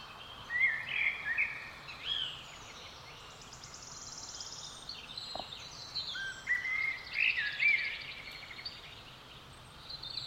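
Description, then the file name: Common blackbird singing a few phrases of whistled notes with high twittery ends, against constant background hiss. "Turdus merula"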